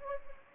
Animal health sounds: mosquito wingbeat signal from an infrared sensor; Anopheles gambiae

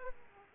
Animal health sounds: mosquito wingbeat signal from an infrared sensor; Aedes aegypti

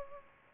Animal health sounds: mosquito wingbeat signal from an infrared sensor; Culex pipiens

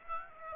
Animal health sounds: mosquito wingbeat signal from an infrared sensor; Aedes aegypti

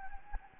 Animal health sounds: mosquito wingbeat signal from an infrared sensor; Anopheles gambiae

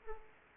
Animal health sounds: mosquito wingbeat signal from an infrared sensor; Aedes aegypti

